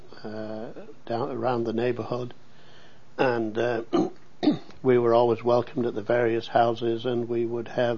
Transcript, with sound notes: down -- around the neighborhood, and uh (clears throat) we were always welcomed at the various houses and we would have